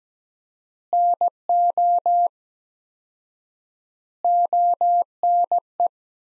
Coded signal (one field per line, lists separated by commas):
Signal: Morse code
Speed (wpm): 17 wpm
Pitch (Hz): 700 Hz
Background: none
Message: NO ONE